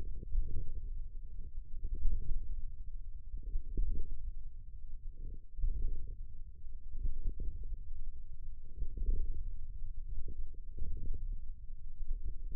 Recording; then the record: forearm muscle sounds (acoustic myography)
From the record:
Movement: radial deviation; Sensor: system 1, eight BSWA MPA416 microphones around the upper forearm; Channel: 6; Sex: male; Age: 54 years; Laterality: right